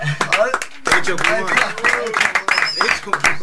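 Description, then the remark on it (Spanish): Scattered hand clapping in sharp, irregular bursts in a studio during a talk programme, with excited voices talking and calling out over the applause throughout. “La verdad, así que este es un programa de aplauso, ¿no?”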